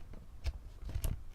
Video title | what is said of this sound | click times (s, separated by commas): eGPU + Thinkpad Rambling Tutorial and Brief Overview! (Part A) | into place in your a nice satisfying click and | 1.0 s